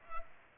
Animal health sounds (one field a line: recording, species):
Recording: mosquito wingbeat signal from an infrared sensor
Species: Culex pipiens